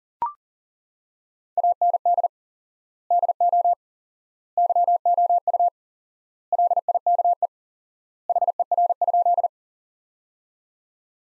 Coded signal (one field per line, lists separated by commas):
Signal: Morse code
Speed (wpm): 40 wpm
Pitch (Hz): 700 Hz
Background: none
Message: AND DO YOU LIKE HER?